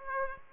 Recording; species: mosquito wingbeat signal from an infrared sensor; Aedes aegypti